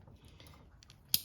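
The plastic connector on the second-polarity solar panel cable is pushed together with its mating connector. A few faint handling ticks come first, then a single sharp click at 1.1 seconds as it latches, and the second connector is seated.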